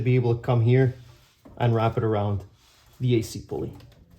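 A new serpentine belt is being wrapped around the AC compressor pulley, the last pulley, on a 2011 BMW 328i with the N52 engine. Someone talks through the clip, with quiet handling noise in the pauses between speech. Nothing has seated or clicked yet; the belt is not yet on the pulley when the clip ends.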